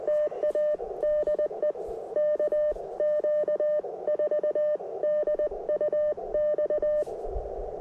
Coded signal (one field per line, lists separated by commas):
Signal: Morse code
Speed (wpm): 20 wpm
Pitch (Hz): 590 Hz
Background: none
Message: TADE KQ4DUX